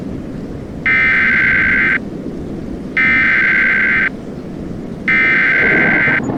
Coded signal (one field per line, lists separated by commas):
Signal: Emergency Alert System (SAME) tones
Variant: header bursts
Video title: The Spring Storm (EAS Scenario)